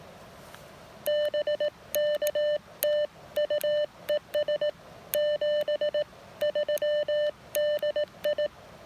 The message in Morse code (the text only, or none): BK TU ES 73 DI